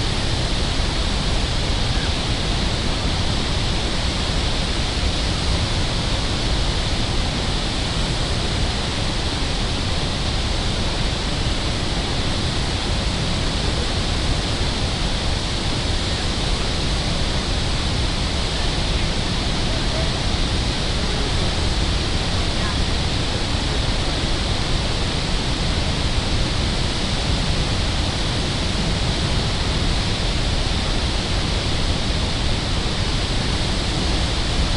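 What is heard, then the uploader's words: A waterfall's mighty roar pours on without a break, a dense, even rush of water filling everything from the deep rumble up to a bright hiss. The level holds steady for the whole stretch, with no separate events standing out from the constant wash. Nearly 700,000 gallons of water cascade over the edge of Horseshoe Falls every second, making Niagara Falls Earth's ultimate white noise machine. Beyond its mighty roar lies a meditative, rhythmic hum with the constant rush of water.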